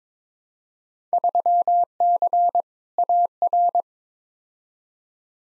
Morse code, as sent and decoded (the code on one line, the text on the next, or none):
...-- -.-. / .- .-.
3C AR